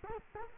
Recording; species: mosquito wingbeat signal from an infrared sensor; Culex quinquefasciatus